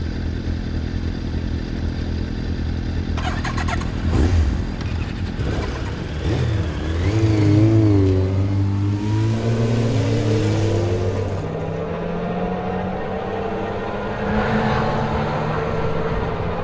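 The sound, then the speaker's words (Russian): Three motorcycles at a petrol station start with a clatter, then rev and accelerate, their rising and falling pitch sweeping upward as the bikers ride away and the steady engine drone carries on. “Они садятся на свои мотоциклы и уезжают.”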